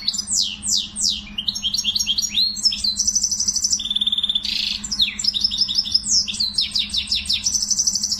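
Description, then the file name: Canary song with repeated downward-sweeping notes, rolling rattles and brief steady whistles strung together without pause, a low hum in the background. "sing finch canary"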